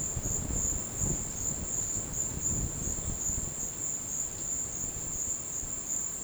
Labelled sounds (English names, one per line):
none